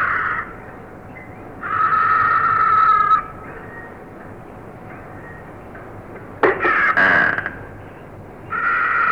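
Hyrax calls: a drawn-out harmonic wail lasting over a second, a quiet pause, then harsh broken screeching bursts, and another wail beginning at the end.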